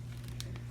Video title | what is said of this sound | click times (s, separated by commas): Bissell Crosswave Cordless Max Unboxing and Assembly | okay so it just snaps down maybe yeah | 0.4 s